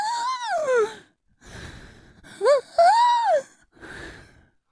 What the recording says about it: They put a stethoscope up to you, they'd hear a sound something like this. It's called stridor.